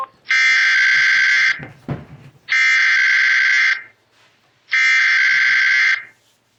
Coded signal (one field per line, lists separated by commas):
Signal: Emergency Alert System (SAME) tones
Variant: header bursts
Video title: Absolute Craziness In New England: A week of Storms 2| EAS Alerts from 4/14-15/26